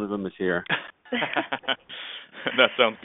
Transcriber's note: laughter